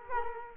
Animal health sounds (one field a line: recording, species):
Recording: mosquito wingbeat signal from an infrared sensor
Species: Culex quinquefasciatus